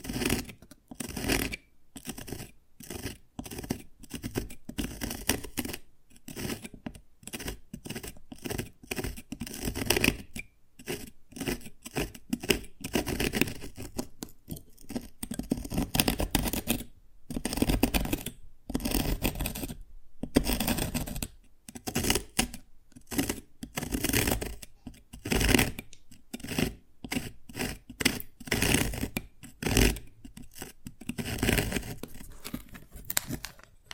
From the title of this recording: Dalgona Candy Challenge Tapping, Cracking Triggers